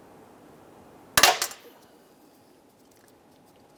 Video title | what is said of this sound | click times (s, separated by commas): How to Replace Power Steering Return Hose 2002-2008 Dodge Ram 1500 | hose clamp is locked into place. | 1.2 s